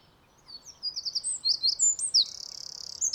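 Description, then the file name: Eurasian wren song starting with loud piercing whistled notes that run into a rapid, even trill. "Troglodytes troglodytes"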